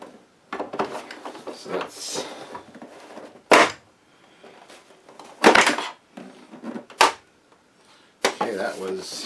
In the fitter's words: so you hear it click